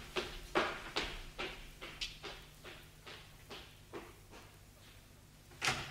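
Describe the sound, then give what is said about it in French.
A door opens with a series of evenly spaced creaks and clicks, about a dozen short crackling bursts over several seconds, ending on a sharper knock. No one speaks. “La porte s'ouvrit.”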